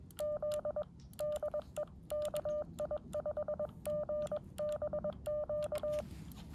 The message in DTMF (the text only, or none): none